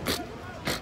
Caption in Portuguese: Espirro reverso. É uma enfermidade que acomete muitos cães, na maioria deles os cães de pequeno porte e acontece com muitos filhotes também. Isso pode ser ocasionado por uma falência do anel cartilaginoso. O anel cartilaginoso pode estar fraco e colabar a traqueia e a traqueia fechar.